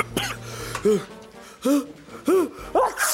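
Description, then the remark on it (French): A neighbor coughs about four times in a row, each a short, hoarse, throaty burst with a voiced rasp, spaced fairly evenly over a few seconds, with no talking. “Même devant un voisin qui tousse, il n'a peur de rien.”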